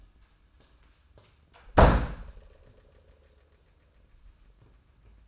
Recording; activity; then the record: daily activity, microphone in the room; close door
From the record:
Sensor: 2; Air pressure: 994.2 hPa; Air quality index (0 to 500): 208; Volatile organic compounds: 1000 ppm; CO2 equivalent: 6904 ppm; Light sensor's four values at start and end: 85/200/83/85 and 87/205/85/87